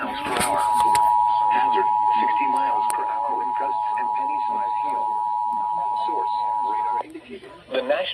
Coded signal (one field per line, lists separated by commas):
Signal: Emergency Alert System (SAME) tones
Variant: 853 and 960 Hz attention tone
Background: speech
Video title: Severe Weather EAS Alerts (Marginal Risk) (7/10/26) EAS 291 - 335